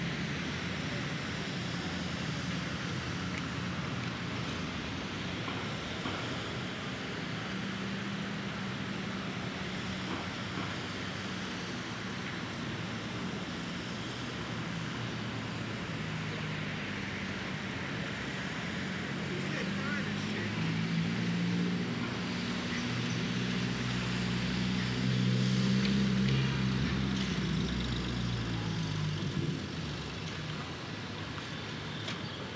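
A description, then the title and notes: A Brooklyn street in the morning: a steady wash of traffic rumble fills the whole stretch, with low engine hum underneath. Around twenty to twenty-seven seconds a heavier vehicle swells louder and passes, and faint high chirps, like birds, flicker in occasionally. Brooklyn Morning, Street.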